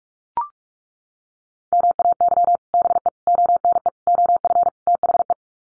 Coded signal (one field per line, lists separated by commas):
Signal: Morse code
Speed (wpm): 44 wpm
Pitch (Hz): 700 Hz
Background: none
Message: MAY BE ONE OF THE